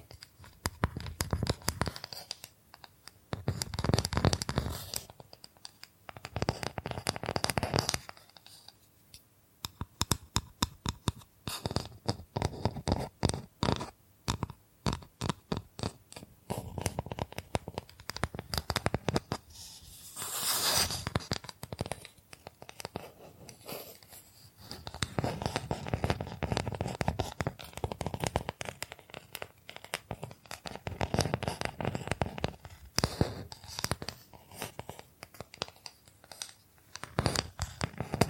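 Bamboo is tapped, scratched and brushed in alternating passages. Dense stretches of rapid, crisp clicks and taps, strongest from about 9 to 17 seconds, give way to longer rough brushing swells around 4, 20, 26 and 32 seconds, with short quiet gaps between.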